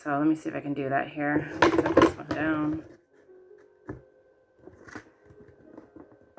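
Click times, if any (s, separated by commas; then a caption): 3.9 s. Someone talks, then pushes the peg of a 1/3-scale BJD doll swing frame (Doll Destiny X Fairy Light Shop) into its base socket. It takes a bit of force to sit securely, and a sharp snap at 3.9 s seats it. Quieter handling taps follow.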